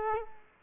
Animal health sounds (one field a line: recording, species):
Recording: mosquito wingbeat signal from an infrared sensor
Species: Culex quinquefasciatus